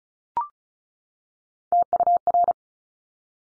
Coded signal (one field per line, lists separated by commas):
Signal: Morse code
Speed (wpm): 36 wpm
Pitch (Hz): 700 Hz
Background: none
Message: TUR